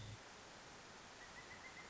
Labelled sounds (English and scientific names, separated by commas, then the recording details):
Pileated Woodpecker (Dryocopus pileatus)
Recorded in Sonoma County, California